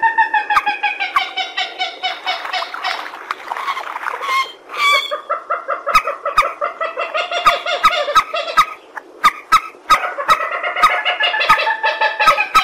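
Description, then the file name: Purple swamphen producing long bouts of loud, harsh cackling and honking, briefly pausing midway, with sharp clicks scattered throughout. "tieng trich re keu"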